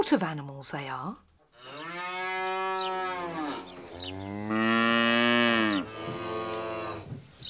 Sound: fx: cows mooing